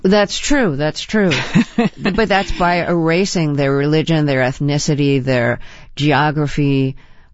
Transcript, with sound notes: That's true, that's true.
(Laughter).
But that's by erasing their religion, their ethnicity, their geography.